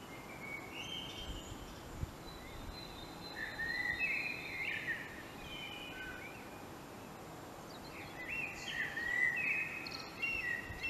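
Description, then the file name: Common blackbird song: soft fluted warbling phrases with thin high twittering ends, in a few bursts separated by pauses, over steady background hiss. "Turdus merula"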